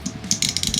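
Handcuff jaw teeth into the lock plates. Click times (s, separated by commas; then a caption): 0.1 s, 0.3 s, 0.5 s, 0.6 s, 0.7 s, 0.8 s. A metal handcuff jaw is ratcheted closed, its teeth catching on the internal locking plates in a quick series of sharp clicks at 0.1, 0.3, 0.5, 0.6, 0.7 and 0.8 seconds. The teeth click in and the jaw seats on the lock plates.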